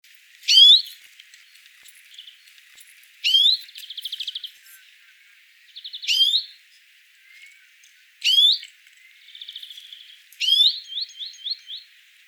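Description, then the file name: European greenfinch calls: high, sharply rising notes, some followed by a soft buzzy or pulsed trill, repeated about every two and a half seconds. "Chloris chloris"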